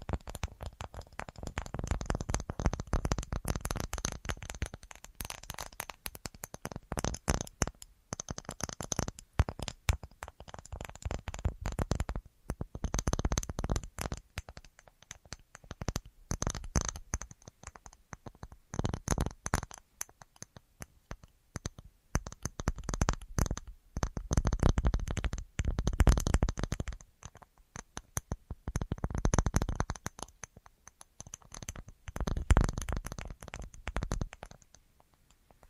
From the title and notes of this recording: ASMR Tingliest Tapping Assortment for Sleep (No Talking).